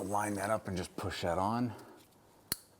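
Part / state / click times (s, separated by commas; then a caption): wiring harness connector onto alternator / seated / 2.5 s. Someone talks while lining up a wiring harness connector and pushing it onto the alternator terminal of a 2005-2007 Ford Five Hundred. A sharp click sounds at 2.5 s as the connector snaps home and seats.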